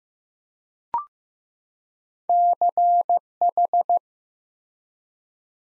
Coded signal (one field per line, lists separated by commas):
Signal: Morse code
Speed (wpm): 15 wpm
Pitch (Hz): 700 Hz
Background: none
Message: CH